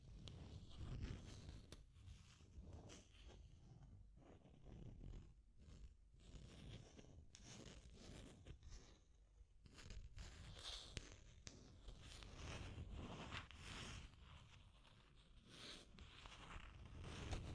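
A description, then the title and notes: Deep scratching goes on for the whole stretch, a dense run of rough, raspy strokes with a heavy low rumble underneath. The strokes come quickly and irregularly, with brief gaps and sharper bursts now and then, the level rising and falling without ever stopping. Deep Scratching. (No Talking).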